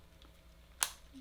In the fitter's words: GH 5 again make sure it's clicked ok there